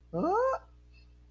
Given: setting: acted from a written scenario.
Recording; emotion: vocal sound without words; negative surprise